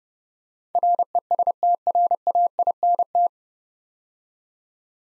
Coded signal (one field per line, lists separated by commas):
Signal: Morse code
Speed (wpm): 30 wpm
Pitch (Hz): 700 Hz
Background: none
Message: RESTRAINT